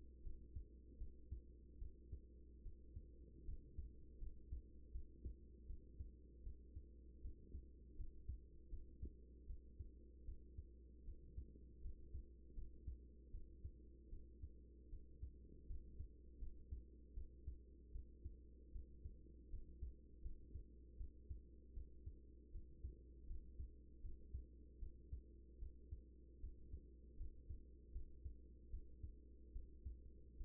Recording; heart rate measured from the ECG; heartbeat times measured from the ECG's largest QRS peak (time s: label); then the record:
heart sounds by stethoscope; 78 bpm
0.22 s: heartbeat
0.97 s: heartbeat
1.78 s: heartbeat
2.62 s: heartbeat
3.44 s: heartbeat
4.18 s: heartbeat
4.91 s: heartbeat
5.66 s: heartbeat
6.42 s: heartbeat
7.21 s: heartbeat
7.95 s: heartbeat
8.69 s: heartbeat
9.46 s: heartbeat
10.24 s: heartbeat
11.04 s: heartbeat
11.81 s: heartbeat
12.54 s: heartbeat
13.30 s: heartbeat
14.09 s: heartbeat
14.89 s: heartbeat
15.66 s: heartbeat
16.38 s: heartbeat
17.13 s: heartbeat
17.91 s: heartbeat
18.72 s: heartbeat
19.49 s: heartbeat
20.21 s: heartbeat
20.97 s: heartbeat
21.73 s: heartbeat
22.51 s: heartbeat
23.26 s: heartbeat
24.01 s: heartbeat
24.79 s: heartbeat
25.58 s: heartbeat
26.40 s: heartbeat
27.17 s: heartbeat
27.92 s: heartbeat
28.70 s: heartbeat
29.52 s: heartbeat
30.37 s: heartbeat
From the record:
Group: healthy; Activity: rest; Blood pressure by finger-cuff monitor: 107/67 mmHg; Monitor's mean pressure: 82 mmHg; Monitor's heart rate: 77 bpm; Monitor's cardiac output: 6.2 L/min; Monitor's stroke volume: 79 mL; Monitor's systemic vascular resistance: 970 dyn s/cm5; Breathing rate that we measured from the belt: 15 breaths a minute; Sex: female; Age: 24 years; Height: 163 cm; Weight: 55.7 kg